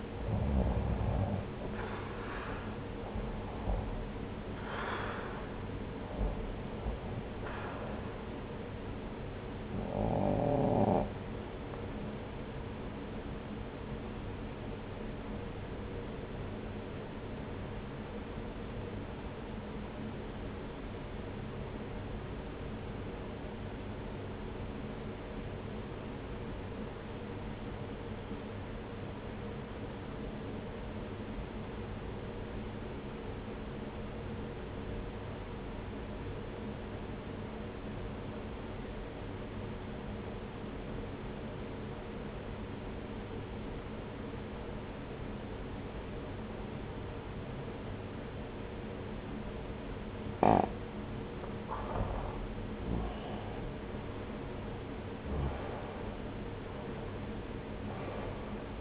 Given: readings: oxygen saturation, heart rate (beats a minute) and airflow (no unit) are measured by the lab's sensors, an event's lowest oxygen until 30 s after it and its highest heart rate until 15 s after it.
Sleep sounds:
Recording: breathing in sleep by a voice recorder at the bedside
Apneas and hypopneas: 1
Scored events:
15.00-52.20 s: obstructive apnea (REM, oxygen 96% highest, then 82% lowest)
From the record:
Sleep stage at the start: REM sleep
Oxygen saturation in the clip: 81 to 96%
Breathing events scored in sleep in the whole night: 303 in 8.1 hours asleep

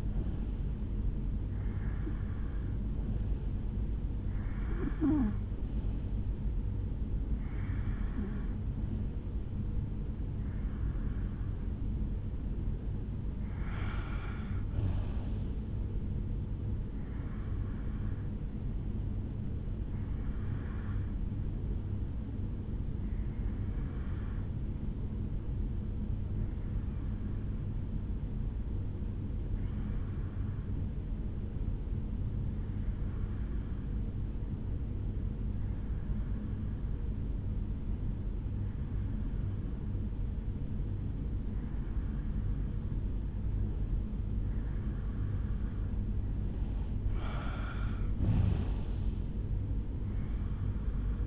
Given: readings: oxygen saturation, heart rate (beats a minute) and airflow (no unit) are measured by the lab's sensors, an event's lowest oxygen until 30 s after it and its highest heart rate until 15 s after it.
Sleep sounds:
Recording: breathing in sleep by a smartphone at the bedside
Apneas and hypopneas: 1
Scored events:
20.00-46.60 s: hypopnea (REM, oxygen 93% highest, then 87% lowest, heart rate 68 at the start, 76 highest)
From the record:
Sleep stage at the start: REM sleep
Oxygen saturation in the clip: 85 to 93%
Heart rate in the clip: 65 to 75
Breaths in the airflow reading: 16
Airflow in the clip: -8.2 to 4.8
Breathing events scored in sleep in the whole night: 449 in 7.0 hours asleep

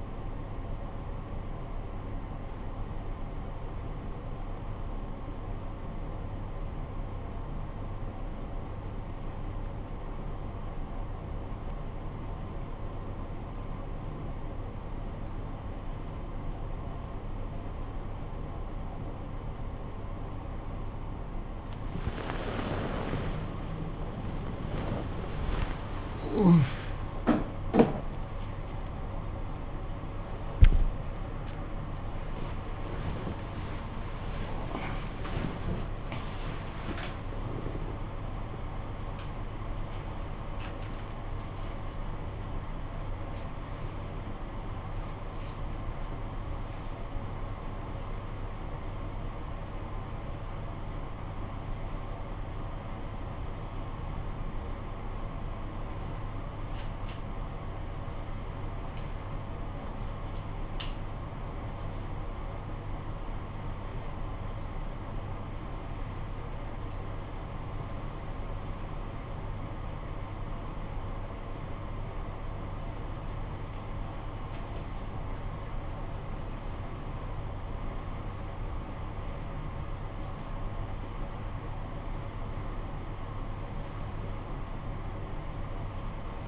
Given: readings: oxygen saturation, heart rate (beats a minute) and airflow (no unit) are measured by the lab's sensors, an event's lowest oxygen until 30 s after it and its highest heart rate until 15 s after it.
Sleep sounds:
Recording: a person awake in a sleep study, by a smartphone at the bedside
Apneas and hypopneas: 1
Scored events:
9.00-23.80 s: hypopnea (N1, oxygen 96% highest, then 93% lowest, heart rate 56 at the start, 85 highest)
10.00-86.48 s: new sleep stage, awake
11.00-86.48 s: awake
11.00-86.48 s: awake
From the record:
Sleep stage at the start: N1 (lightest sleep)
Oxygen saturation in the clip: 92 to 96%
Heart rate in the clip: 46 to 100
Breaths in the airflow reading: 17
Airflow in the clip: -15.7 to 15.6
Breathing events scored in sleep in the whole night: 445 in 7.6 hours asleep

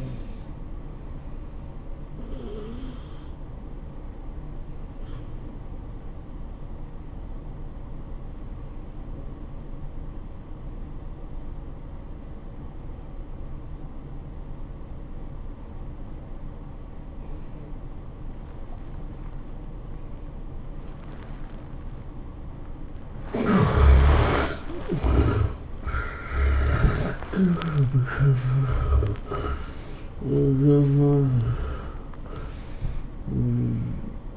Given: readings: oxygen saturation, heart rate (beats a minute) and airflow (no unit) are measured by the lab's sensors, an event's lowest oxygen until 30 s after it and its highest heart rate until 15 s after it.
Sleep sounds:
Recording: breathing in sleep by a smartphone at the bedside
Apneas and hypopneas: 1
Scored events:
3.00-24.10 s: hypopnea (N1, oxygen 95% highest, then 76% lowest, heart rate 97 at the start, 104 highest)
From the record:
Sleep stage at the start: N1 (lightest sleep)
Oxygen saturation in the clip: 80 to 95%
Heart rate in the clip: 80 to 104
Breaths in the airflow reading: 7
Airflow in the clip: -10.5 to 13.8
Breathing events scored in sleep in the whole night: 403 in 5.5 hours asleep

